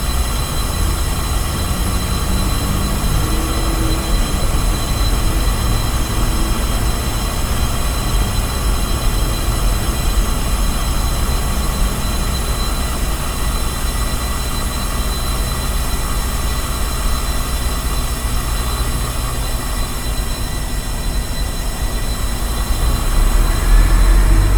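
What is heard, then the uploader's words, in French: Gas pipes give off a steady, dense mechanical roar with a heavy low rumble underneath. Several thin, unchanging whining tones sit high above it, and the level holds constant throughout, swelling slightly near the end. Tuyaux de gaz. Radio Aporee Novembre 2011, Austin.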